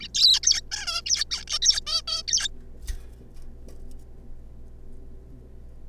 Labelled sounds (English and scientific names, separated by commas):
Zebra Finch (Taeniopygia guttata)